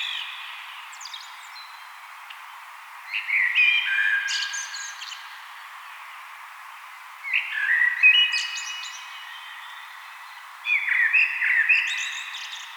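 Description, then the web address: Common blackbird song with melodious whistled phrases ending in sharp high squeaks, three phrases roughly four seconds apart. "vogelstimmen amsel gesang nabu lars lachmann"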